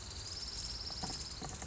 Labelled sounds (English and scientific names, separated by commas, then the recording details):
Orange-crowned Warbler (Leiothlypis celata)
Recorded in Sonoma County, California